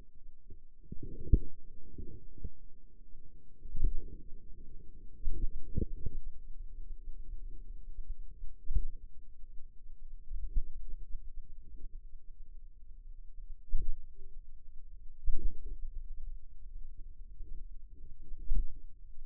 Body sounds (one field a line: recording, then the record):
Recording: forearm muscle sounds (acoustic myography)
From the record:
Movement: pen grasping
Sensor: system 2, bracelet of six BSWA MPA416 microphones around the upper forearm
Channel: 1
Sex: female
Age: 23 years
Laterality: right